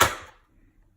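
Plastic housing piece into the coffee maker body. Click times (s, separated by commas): 0.0 s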